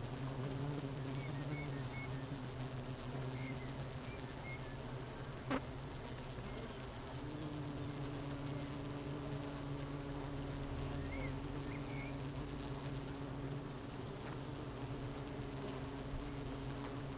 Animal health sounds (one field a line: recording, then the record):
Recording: honeybee colony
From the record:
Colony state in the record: missing queen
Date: 31 May 2018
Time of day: 8:19